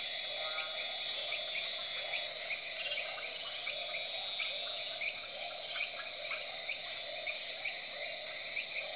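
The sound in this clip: Grasshoppers and crickets: orthopteran chorus: a steady shrill insect hiss with no breaks, while faint quick chirps sweep upward again and again behind it.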